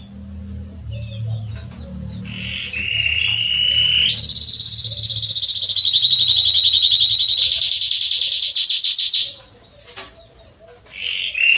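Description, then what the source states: Belgian canary song: soft opening notes, then about five seconds of loud rapid trills stepping between pitches, followed by quieter scattered chirps. Male Belgian canary singing a lot; recording made to warm up and train young canaries.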